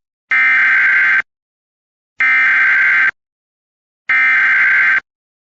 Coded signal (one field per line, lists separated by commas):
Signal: Emergency Alert System (SAME) tones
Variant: header bursts